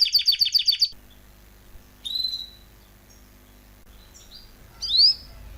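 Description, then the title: Canary giving a brief burst of fast chirps, followed by a few scattered short whistled calls spaced seconds apart over a low background hum. Male Belgian canary singing a lot; training recording meant to warm up young birds within 30 minutes. "Canary Training 17 Esquente Seu Filhote E Canario Belga Em 30 Minutos Macho Cantando Muito"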